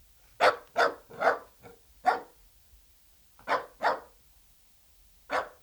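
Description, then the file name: Dachshund barking in quick bursts, a run of several barks, a pause, then pairs of barks. "Het blaffen van een teckel - Sound Cloud - Beeld en Geluid"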